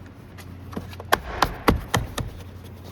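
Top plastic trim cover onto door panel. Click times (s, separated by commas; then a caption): 1.1 s. A top plastic trim cover is pressed onto the front door panel of a 2000–2026 Ford F150. A series of sharp plastic snaps sounds at about 0.7, 1.1, 1.4, 1.7, 2.0 and 2.2 seconds over a low background hum. The cover snaps into place and is seated with the loudest click at 1.1 seconds.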